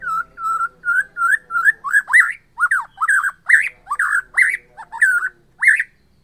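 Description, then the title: White-rumped shama song: a steady run of short whistled notes, about two per second, becoming more slurred and more varied toward the end. From Borneo. "MURAI BORNEO MAS KIKI"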